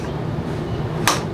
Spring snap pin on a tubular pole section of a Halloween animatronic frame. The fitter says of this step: Push it down. So, everything's snapped into place here, which is nice.